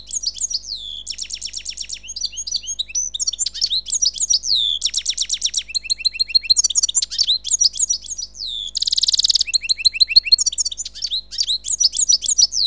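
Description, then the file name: Bird song of rapid high twittering trills and sweeping chirps, with buzzy rattled bursts breaking in between quick repeated notes throughout. "Seyreh - Bird Sound"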